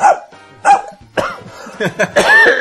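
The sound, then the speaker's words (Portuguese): A person's voice mimics a dog barking, producing several loud, harmonic yaps and woofs at uneven intervals, ending in a longer, drawn-out bark with a slightly whining tone. “Fazia outro cachorro.”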